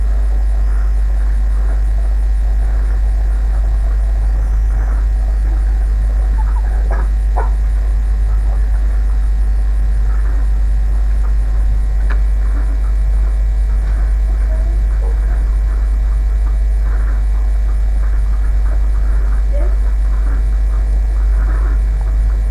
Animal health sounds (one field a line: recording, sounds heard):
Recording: poultry house recording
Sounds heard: sick chickens (respiratory disease)